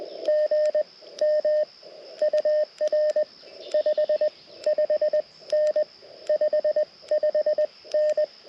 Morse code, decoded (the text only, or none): GM UR 55N 55N